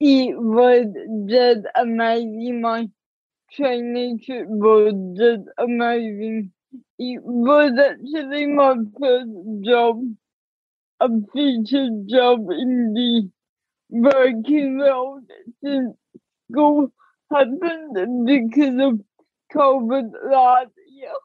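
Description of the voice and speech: Young adult woman with cerebral palsy diagnosed at age two: slow, effortful speech with stretched sounds, frequent pauses and blurred consonants, a dysarthria from cerebral palsy.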